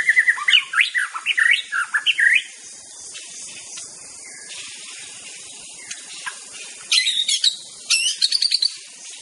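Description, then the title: White-rumped shama singing a quick series of varied whistled and slurred notes, a pause, then bursts of sharp high chips, with a continuous high background hum. Wild bird singing in forest. "Kicau Asli Murai Batu Hutan"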